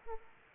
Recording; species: mosquito wingbeat signal from an infrared sensor; Aedes aegypti